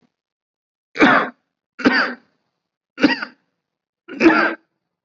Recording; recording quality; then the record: shallow voluntary cough; excellent, no background noise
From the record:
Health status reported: COVID-19 positive, mild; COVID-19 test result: positive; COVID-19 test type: RT-PCR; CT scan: not taken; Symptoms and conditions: sore throat, fatigue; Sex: male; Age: 39 years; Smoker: yes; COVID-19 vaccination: both doses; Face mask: worn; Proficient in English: yes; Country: India